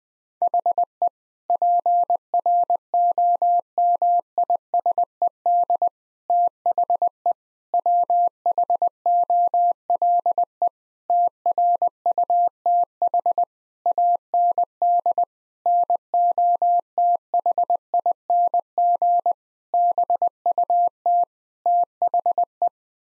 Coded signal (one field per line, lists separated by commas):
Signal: Morse code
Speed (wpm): 20 wpm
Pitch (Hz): 700 Hz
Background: none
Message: HE PROMISED THE WHOLE TRUTH AND NOTHING BUT THE